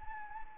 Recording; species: mosquito wingbeat signal from an infrared sensor; Anopheles arabiensis